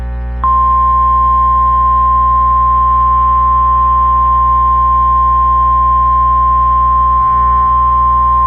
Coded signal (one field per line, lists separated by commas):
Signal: Emergency Alert System (SAME) tones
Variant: 1050 Hz attention tone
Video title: NOAA WEATHER RADIO EAS REQUIRED WEEKLY TEST 1 FAIL AND 1 SUCCESS 6/9/21